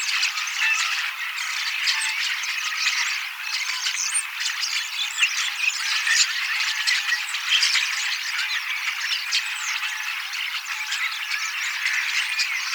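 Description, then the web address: Common starlings babbling without pause, a dense jumble of rattles, squeaks and clicking notes. Recorded 18 October 2024; the recordist believes these are young starlings practising their song, singing and imitating several species a little. "paivat 18 10 2024 kasittaakseni kottaraisnuoret laulavat lauluharjoittelevat useita lajeja matkivat hiukan"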